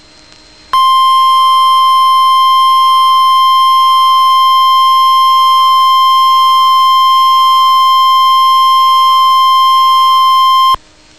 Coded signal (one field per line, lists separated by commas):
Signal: Emergency Alert System (SAME) tones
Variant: 1050 Hz attention tone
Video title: Severe Thunderstorm Warning (EAS #435)